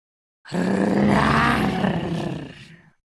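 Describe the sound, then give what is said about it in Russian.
A single loud, deep roar of a huge dinosaur lasting about two and a half seconds, rough and rumbling, swelling quickly then slowly fading out, with no talking over it. “Послышался звучный рык.”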